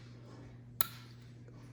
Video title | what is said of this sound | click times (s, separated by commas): I took a burnt Yamaha Banshee and fully restored it | you hear that click | 0.8 s